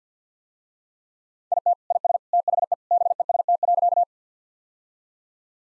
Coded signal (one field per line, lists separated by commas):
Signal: Morse code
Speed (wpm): 50 wpm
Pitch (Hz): 700 Hz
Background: none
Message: IT IS THE BEST.